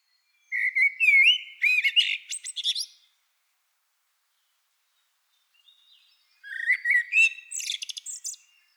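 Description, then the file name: Common blackbird singing two phrases, each a low mellow warble that ends in a squeaky, high twittering flourish, with about three seconds of silence between them. "Turdus merula"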